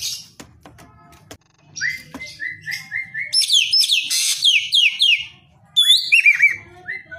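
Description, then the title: Javan green magpie song: bursts of high, steeply descending squealing notes, alternating with a run of short rising whistles repeated quickly at a lower pitch. Song described as "gacor". "Cissa Thalassina Gacor"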